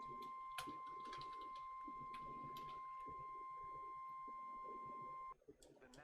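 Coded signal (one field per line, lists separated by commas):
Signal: Emergency Alert System (SAME) tones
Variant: 1050 Hz attention tone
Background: speech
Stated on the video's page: Many EAS alerts captured during a severe weather slight-risk day.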